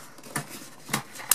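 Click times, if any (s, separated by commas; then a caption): none. During a wall oven install, a cheap plastic clip-in piece under the oven, made to lock into the oven cabinet opening without screws, is handled as it is pushed up toward its opening. Soft handling knocks come at about 0.4 s and 0.9 s, with the loudest sharp hit near 1.3 s. Nothing has seated or clicked into place yet.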